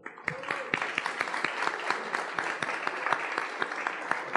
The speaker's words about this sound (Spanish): un aplauso.